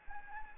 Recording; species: mosquito wingbeat signal from an infrared sensor; Anopheles arabiensis